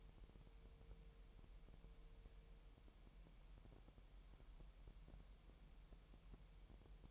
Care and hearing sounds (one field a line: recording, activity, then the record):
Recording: daily activity, microphone in the room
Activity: wipe stove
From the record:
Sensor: 1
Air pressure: 1001.0 hPa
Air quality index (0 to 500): 250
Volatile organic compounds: 152 ppm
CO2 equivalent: 4030 ppm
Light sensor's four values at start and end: 12/28/11/12 and 11/27/11/12